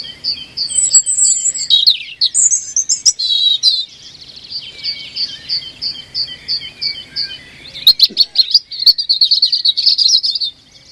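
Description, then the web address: European robin song with sweet high whistles, a steady series of repeated chirping notes, then a bright burst of fast, trilled warbling. "Deverinetal 2025"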